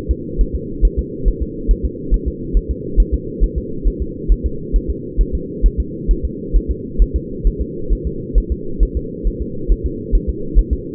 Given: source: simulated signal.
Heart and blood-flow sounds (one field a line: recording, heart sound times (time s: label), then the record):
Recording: fetal heart sounds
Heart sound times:
0.11 s: S2
0.41 s: S1
0.55 s: S2
0.85 s: S1
0.99 s: S2
1.28 s: S1
1.42 s: S2
1.71 s: S1
1.85 s: S2
2.14 s: S1
2.28 s: S2
2.57 s: S1
2.71 s: S2
3.00 s: S1
3.14 s: S2
3.44 s: S1
3.58 s: S2
3.87 s: S1
4.02 s: S2
4.32 s: S1
4.46 s: S2
4.76 s: S1
4.90 s: S2
5.21 s: S1
5.35 s: S2
5.66 s: S1
5.80 s: S2
6.11 s: S1
6.25 s: S2
6.56 s: S1
6.71 s: S2
7.02 s: S1
7.16 s: S2
7.47 s: S1
7.62 s: S2
7.93 s: S1
8.07 s: S2
8.38 s: S1
8.52 s: S2
8.83 s: S1
8.97 s: S2
9.27 s: S1
9.42 s: S2
9.72 s: S1
9.86 s: S2
10.15 s: S1
10.30 s: S2
10.59 s: S1
10.73 s: S2
From the record:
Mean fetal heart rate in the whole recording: 135 bpm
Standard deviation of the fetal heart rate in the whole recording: 3 bpm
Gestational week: 36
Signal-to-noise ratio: -4.3 dB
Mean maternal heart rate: 72 bpm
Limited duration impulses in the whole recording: absent